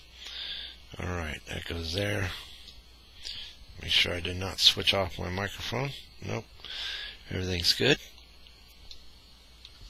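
Someone talks while handling a hinged plastic brick section of the head on a Star Wars LEGO Motorized AT-AT 10178 toy walker, with a few faint plastic ticks between the words. The piece is being swung up toward its locking position, but nothing has seated or clicked into place yet.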